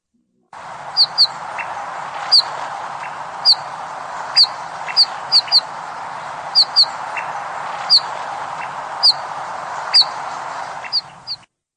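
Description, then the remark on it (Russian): Eurasian bullfinch calls: short, soft piping notes repeated at irregular intervals, sometimes in quick pairs, over a steady hiss of background noise. “Наверное, всякий из вас, кому приходилось зимой выезжать из шумного города, побывать в подгородных дачных местах, любоваться красивыми красногрудыми снегирями.”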